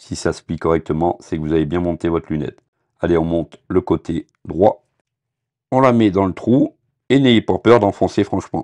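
Someone talks while handling the detachable right temple arm of a pair of SoundCore Frames Bluetooth audio sunglasses, which is being pushed firmly into its connector socket on the plastic frame. The clip ends before the arm goes home, so nothing has seated or clicked yet.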